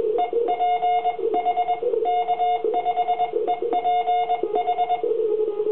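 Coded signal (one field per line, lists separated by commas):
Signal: Morse code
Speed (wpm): 22 wpm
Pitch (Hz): 720 Hz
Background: none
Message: EPH K5EPH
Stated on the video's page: Amateur Radio Field Day operation from an emergency operations center under simulated emergency conditions, contacting stations across North America.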